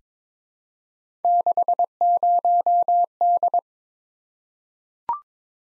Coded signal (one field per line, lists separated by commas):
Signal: Morse code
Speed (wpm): 22 wpm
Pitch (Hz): 700 Hz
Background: none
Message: 60D